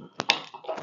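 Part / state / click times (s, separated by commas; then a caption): lamp socket/switch cover onto lamp kit base in bottle / seated / 0.3 s. While assembling a lamp from an empty bourbon bottle, a plastic lamp socket or switch cover is pushed down onto the lamp kit base in the bottle. A short sharp tap at 0.2 s is followed by a louder, brighter snap at 0.3 s as the part seats in place, then a faint rustle.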